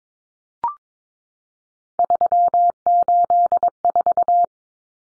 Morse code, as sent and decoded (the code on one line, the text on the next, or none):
...-- ---.. ....-
384